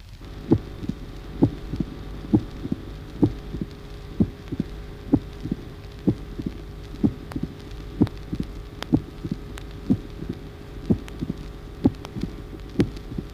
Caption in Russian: Так называемый ритм перепела. Этот характерный аускультативный феномен возникает при сужении левого атриовентрикулярного отверстия. Ритм перепела характеризуется усиленным первым тоном и раздвоением второго тона. Хлопающий первый тон высокого тембра. Второй тон отчетливо раздвоен.